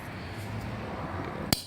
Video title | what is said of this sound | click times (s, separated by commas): John deere x585 fuel filter replacement | hear the click it's locked on it's not going to come back up | 1.5 s